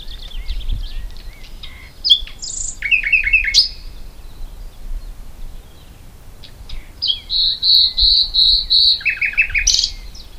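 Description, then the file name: Common nightingale song: scattered varied phrases with short chirps, a rapid stuttering run of notes, then a loud series of pulsed, throbbing notes repeated in quick succession, with quiet pauses between. "Luscinia megarhynchos"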